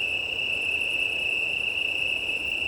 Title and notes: Chorus italien. 18 septembre 2019-20h35-Plateau de Lesches en Diois - Drôme. un chorus de Grillons italiens (Oecanthus pellucens)